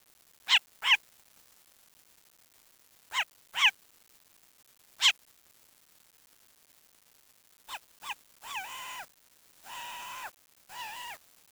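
Bird calls: sharp short notes, mostly in pairs, repeated a few times, followed by three longer, drawn calls with a wavering tone.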